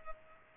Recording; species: mosquito wingbeat signal from an infrared sensor; Culex pipiens